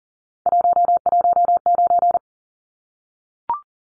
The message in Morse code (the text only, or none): 119